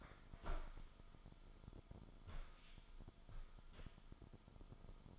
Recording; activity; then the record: daily activity, microphone in the room; stand up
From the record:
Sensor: 5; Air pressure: 1005.1 hPa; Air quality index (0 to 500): 104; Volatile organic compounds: 2 ppm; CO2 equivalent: 1270 ppm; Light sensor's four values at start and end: 35/80/32/30 and 35/80/32/30